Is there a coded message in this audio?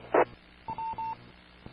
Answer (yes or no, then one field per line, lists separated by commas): no